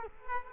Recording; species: mosquito wingbeat signal from an infrared sensor; Culex quinquefasciatus